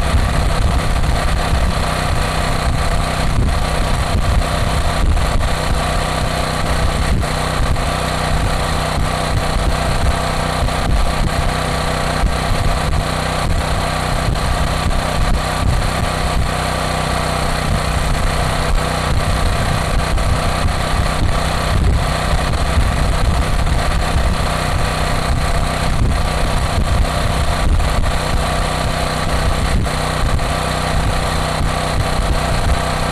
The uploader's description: Portable gasoline-powered generator recorded in Darlington, MD